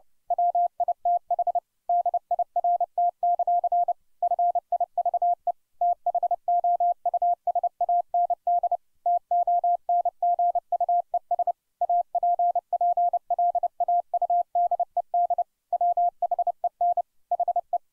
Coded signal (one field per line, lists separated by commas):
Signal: Morse code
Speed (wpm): 29 wpm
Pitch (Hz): 700 Hz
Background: none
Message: WITH DIRT; FIVE THOUSAND TONGUES APPLAUDED WHEN HE